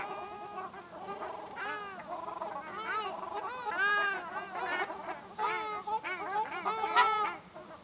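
Ruddy shelduck calling, arched nasal honks becoming busier and more frequent.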